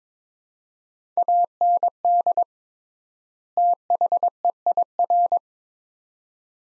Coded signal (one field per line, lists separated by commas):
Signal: Morse code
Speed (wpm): 22 wpm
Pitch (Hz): 700 Hz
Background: none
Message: AND THEIR